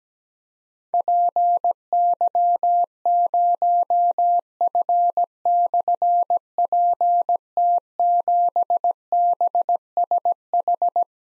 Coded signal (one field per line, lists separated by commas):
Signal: Morse code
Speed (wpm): 17 wpm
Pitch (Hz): 700 Hz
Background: none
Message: PY0F/PT7BSH